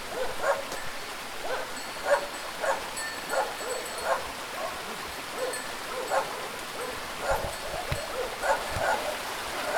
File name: nature small village dogs barking turkey rooster background